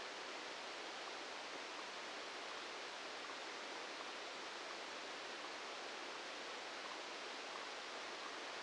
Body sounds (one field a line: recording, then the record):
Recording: brain microelectrode recording played as sound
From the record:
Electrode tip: outside the subthalamic nucleus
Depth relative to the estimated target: -4 mm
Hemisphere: right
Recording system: NeuroSet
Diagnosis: Parkinson's disease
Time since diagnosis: 10 years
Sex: male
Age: 56 years